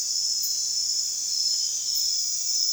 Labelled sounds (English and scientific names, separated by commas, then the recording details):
none
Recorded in secondary vegetation near Puerto Asís, Putumayo, Colombia, on 24 June 2025 at 01:30
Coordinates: 0.498, -76.327
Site GP09